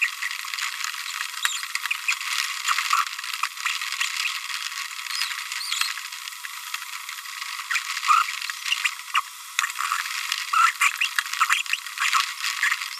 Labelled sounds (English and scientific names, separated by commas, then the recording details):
Green-rumped Parrotlet (Forpus passerinus) babbling
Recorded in a nest box in Venezuela
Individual 18B25A5